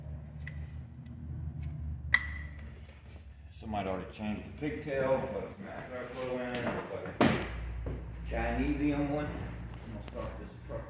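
A plastic wiring connector is pushed back onto the mass airflow sensor of a 2004 Buick LeSabre 3.8 after the pins inside were checked, and it snaps into place with a sharp click at 2.1 seconds. Someone then talks for the rest of the clip.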